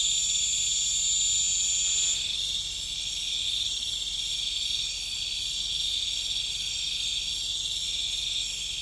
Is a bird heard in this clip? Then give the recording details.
no. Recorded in pastures near Puerto Asís, Putumayo, Colombia, on 26 December 2024 at 20:00. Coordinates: 0.472, -76.329. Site G072